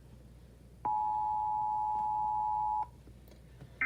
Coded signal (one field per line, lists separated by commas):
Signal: Emergency Alert System (SAME) tones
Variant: 853 and 960 Hz attention tone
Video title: 3/5/18 EAS - Edwin Inn Hotel